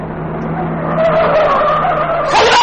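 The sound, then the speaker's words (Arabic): A car skids hard in crowded street traffic as a man nearly falls under its wheels, its tires letting out a long, loud, wavering screech over a low engine hum for over two seconds before ending in a harsh burst of noise. “لقد كاد أن يقع تحت عجلات السيارة.”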